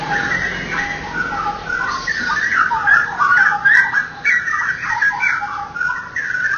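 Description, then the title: Oriental magpie-robin: continuous jumbled whistled and chattering song against constant background noise. "Kicau Kacer"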